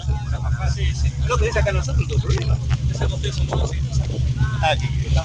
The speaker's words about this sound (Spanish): Bueno, en este momento estamos dirigiéndonos en una lancha de la prefectura naval hacia la Isla del Silencio